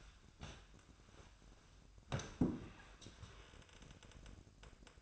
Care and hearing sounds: daily activity, microphone in the room; sit down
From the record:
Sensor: 2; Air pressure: 1004.9 hPa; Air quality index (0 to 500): 91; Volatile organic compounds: 2 ppm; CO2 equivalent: 1090 ppm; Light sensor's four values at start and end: 7/17/7/7 and 7/16/6/7

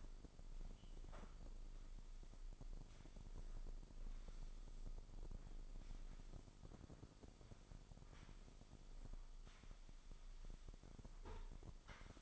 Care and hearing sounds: daily activity, microphone in the room; sweep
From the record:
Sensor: 5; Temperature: 24.6 degrees Celsius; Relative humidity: 32.2%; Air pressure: 996.1 hPa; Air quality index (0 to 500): 100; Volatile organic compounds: 6 ppm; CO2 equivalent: 1921 ppm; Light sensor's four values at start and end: 45/108/45/48 and 45/108/45/48

